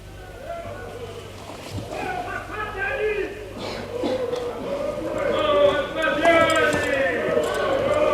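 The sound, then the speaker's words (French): A dense crowd of many overlapping voices clamors and shouts, approaching like a riot, armed with pickaxes and pikes and with riders on horseback; the din steadily swells louder over several seconds with a low rumble underneath. “Une grande foule là-bas!”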